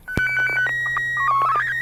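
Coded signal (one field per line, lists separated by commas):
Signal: SSTV (slow-scan television)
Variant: PD 120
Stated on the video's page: SSTV images sent over an amateur FM repeater on 145.250 MHz during a weekly SSTV net, using MMSSTV software.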